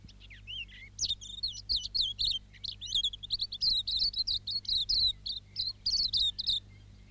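Silvereye song: a soft opening twitter, then a long, fast stream of high, sweet warbling notes repeated several times a second.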